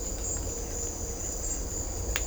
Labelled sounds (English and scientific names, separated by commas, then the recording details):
none
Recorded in secondary vegetation near Puerto Asís, Putumayo, Colombia, on 18 December 2024 at 16:30
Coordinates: 0.500, -76.326
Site G065